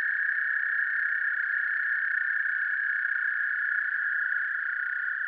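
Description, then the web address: American toad trilling, a long, even, sustained trill with no pause from beginning to end. "Dan Gibson's Solitudes Frog Song. American Toad"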